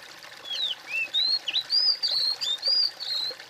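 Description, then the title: Bird song: a lively sequence of whistled, swooping notes, rising and falling, in quick succession for about three seconds against a hissy background. "kOMPILASI suara bird"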